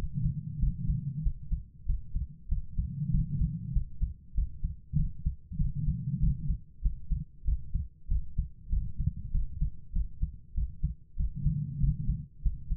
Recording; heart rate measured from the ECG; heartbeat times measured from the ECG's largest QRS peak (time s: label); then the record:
heart sounds by stethoscope; 96 bpm
0.58 s: heartbeat
1.21 s: heartbeat
1.85 s: heartbeat
2.47 s: heartbeat
3.10 s: heartbeat
3.71 s: heartbeat
4.33 s: heartbeat
4.95 s: heartbeat
5.56 s: heartbeat
6.19 s: heartbeat
6.81 s: heartbeat
7.43 s: heartbeat
8.07 s: heartbeat
8.68 s: heartbeat
9.30 s: heartbeat
9.91 s: heartbeat
10.53 s: heartbeat
11.15 s: heartbeat
11.78 s: heartbeat
12.41 s: heartbeat
From the record:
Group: healthy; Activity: rest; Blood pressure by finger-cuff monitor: 117/71 mmHg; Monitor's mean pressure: 87 mmHg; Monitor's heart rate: 97 bpm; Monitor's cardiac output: 7.5 L/min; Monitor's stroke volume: 78 mL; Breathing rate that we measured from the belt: 22 breaths a minute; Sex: female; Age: 32 years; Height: 172 cm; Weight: 71.7 kg